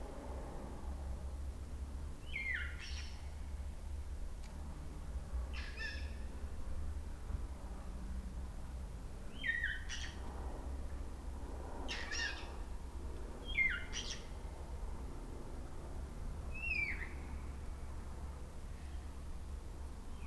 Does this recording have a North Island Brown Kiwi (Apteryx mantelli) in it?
no